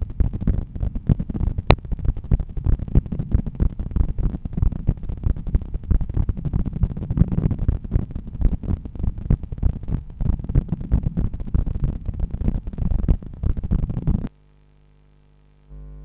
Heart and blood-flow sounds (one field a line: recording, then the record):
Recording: heart sounds by stethoscope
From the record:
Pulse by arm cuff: 92 bpm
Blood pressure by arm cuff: 119/79 mmHg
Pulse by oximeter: 92 bpm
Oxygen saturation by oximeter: 97%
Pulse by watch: 94 bpm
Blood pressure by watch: 117/78 mmHg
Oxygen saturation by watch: 95%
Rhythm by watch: sinus rhythm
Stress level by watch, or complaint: medium stress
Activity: after lunch and office activities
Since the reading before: plus 5500 steps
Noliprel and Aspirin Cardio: no pills today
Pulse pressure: 40 mmHg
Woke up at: 7:00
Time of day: 14:03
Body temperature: 36.3 C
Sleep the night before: 8 h 5 min, score 54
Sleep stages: REM 28%, light 57%, deep 5%, awake 10%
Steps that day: 9800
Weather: cloudy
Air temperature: 19.3 C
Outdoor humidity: 74%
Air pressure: 1012 hPa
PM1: 30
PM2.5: 42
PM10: 54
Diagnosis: hypertension, treated with Noliprel and Aspirin Cardio 100 mg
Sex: male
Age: 53 years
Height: 174 cm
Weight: 81 kg